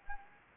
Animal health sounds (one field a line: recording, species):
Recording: mosquito wingbeat signal from an infrared sensor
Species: Anopheles gambiae